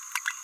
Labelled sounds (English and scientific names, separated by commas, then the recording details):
Green-rumped Parrotlet (Forpus passerinus) babbling
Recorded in a nest box in Venezuela
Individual 18B17A4